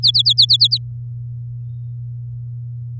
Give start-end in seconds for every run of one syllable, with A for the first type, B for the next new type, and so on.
0.03-0.78 A